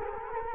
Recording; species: mosquito wingbeat signal from an infrared sensor; Culex quinquefasciatus